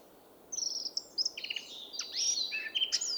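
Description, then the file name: Eurasian blackcap song: after a brief quiet start, a lively string of high chattering and fluty notes with quick trills, over steady hiss. "Sylvia atricapilla"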